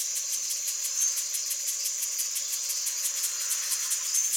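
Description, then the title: Cicada song, a continuous shrill buzz pulsing rapidly and evenly at a steady loudness throughout. Cicadas in Amazonia. "Aras et cigales (Amazonia)"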